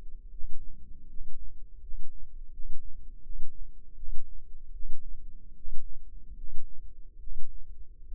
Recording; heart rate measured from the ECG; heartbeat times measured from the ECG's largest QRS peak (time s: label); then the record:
heart sounds by microphone in the left ear; 77 bpm
0.29 s: heartbeat
1.05 s: heartbeat
1.78 s: heartbeat
2.50 s: heartbeat
3.20 s: heartbeat
3.94 s: heartbeat
4.71 s: heartbeat
5.53 s: heartbeat
6.34 s: heartbeat
7.17 s: heartbeat
8.04 s: heartbeat
From the record:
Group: healthy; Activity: rest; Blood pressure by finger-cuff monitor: 110/63 mmHg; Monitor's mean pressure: 76 mmHg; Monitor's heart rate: 78 bpm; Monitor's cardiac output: 7.6 L/min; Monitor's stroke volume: 97 mL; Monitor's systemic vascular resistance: 720 dyn s/cm5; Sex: male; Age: 35 years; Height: 180 cm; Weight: 86.9 kg